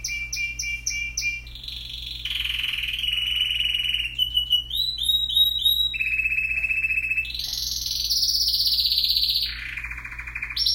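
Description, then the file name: Canary song with rapidly changing tours: clipped repeated chips, steady rolling trills at several pitches, and quick looping notes, over a constant low hum. "Canary Singing"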